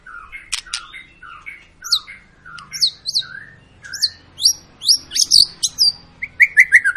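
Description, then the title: White-rumped shama singing evenly spaced high chirps and downslurred whistles, the notes growing louder and quicker toward the end. Long lure recording (pancingan) of a persistently singing (gacor) white-rumped shama, used to prompt other birds to sing. "Pancingan Murai Batu Gacor Panjang"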